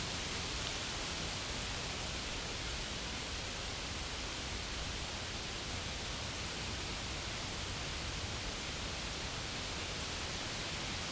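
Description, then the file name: Insect sounding a constant, very high-pitched shrill buzz that breaks off briefly midway and resumes, against gentle background hiss. Insects recorded in a field. "Insects In The Field"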